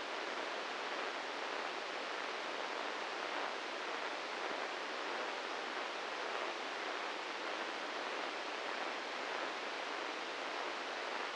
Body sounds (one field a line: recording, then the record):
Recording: brain microelectrode recording played as sound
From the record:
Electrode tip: inside the subthalamic nucleus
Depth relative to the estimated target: 2 mm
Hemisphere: right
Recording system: NeuroSet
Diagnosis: Parkinson's disease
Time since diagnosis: 15 years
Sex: male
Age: 65 years